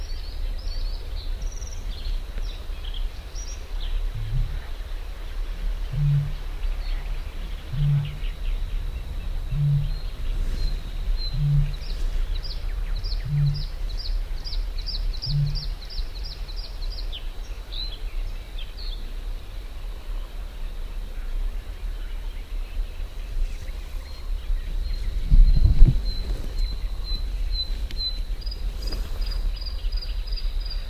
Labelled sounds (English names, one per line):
Bluethroat song